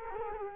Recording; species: mosquito wingbeat signal from an infrared sensor; Culex quinquefasciatus